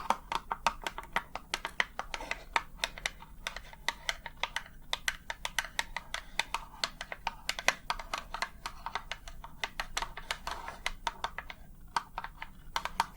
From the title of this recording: Tapping